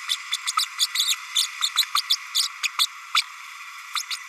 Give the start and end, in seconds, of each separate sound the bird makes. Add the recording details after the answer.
0.09-0.16, 0.32-0.36, 0.46-0.52, 0.57-0.64, 0.78-0.86, 0.94-1.16, 1.35-1.46, 1.61-1.69, 1.75-1.85, 1.95-2.01, 2.10-2.16, 2.34-2.48, 2.63-2.68, 2.78-2.86, 3.15-3.21, 3.95-4.03, 4.09-4.18. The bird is a female. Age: 32 days. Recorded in a nest box in Venezuela. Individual 17B32A7